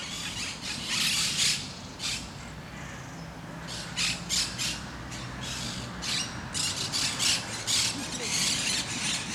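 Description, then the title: Parakeets call in strident, buzzy shrieks, clustered in rapid irregular bursts with short gaps, over a steady low hum. Parakeets in Parc de Forest, Saint-Gilles, Belgium; recorded with a Sony PCM-D100, internal microphones in wide position. "Parc de Forest, 1060 Saint-Gilles, Belgique - Parakeets - Perruches"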